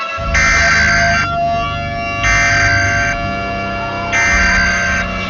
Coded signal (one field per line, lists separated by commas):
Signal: Emergency Alert System (SAME) tones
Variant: header bursts